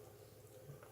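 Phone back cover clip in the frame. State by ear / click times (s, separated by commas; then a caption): released / 0.8 s. A tool pries along the side of a ZTE Max XL phone's plastic back cover, with a low steady hum underneath. At 0.8 seconds one retaining clip pops free with a short, sharp snap, releasing that part of the cover.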